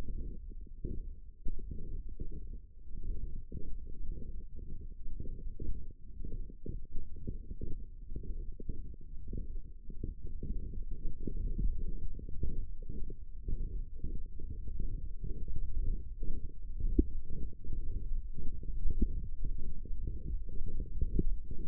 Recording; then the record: forearm muscle sounds (acoustic myography)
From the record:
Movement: hand closing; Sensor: system 1, eight BSWA MPA416 microphones around the upper forearm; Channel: 5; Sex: female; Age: 21 years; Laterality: right